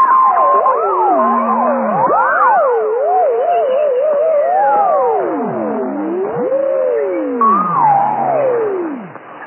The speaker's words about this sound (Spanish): El ruido de los motores cesaba y la extraña nave se posaba suavemente sobre la vegetación de la isla.